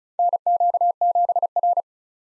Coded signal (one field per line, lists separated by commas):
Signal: Morse code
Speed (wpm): 34 wpm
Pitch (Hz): 700 Hz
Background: none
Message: NQ7R